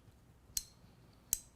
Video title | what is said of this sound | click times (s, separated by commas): 7 Patek Philippe Videos You May Have Missed | It's a little click, and that's all the way in. | 0.6 s, 1.3 s